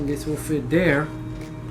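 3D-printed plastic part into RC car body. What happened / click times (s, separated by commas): Handled, not yet seated: no click from the plastic part / none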